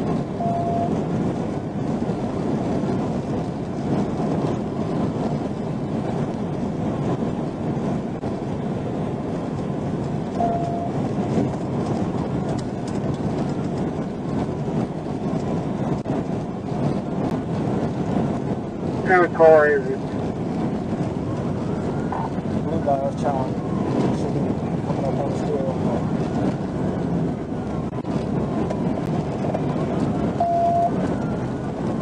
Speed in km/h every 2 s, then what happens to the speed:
209, 209, 211, 211, 211, 211, 211, 211, 211, 204, 196, 195, 195, 182, 171, 155.
0-16 steady at about 211. 16-32 brakes to 155.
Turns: none.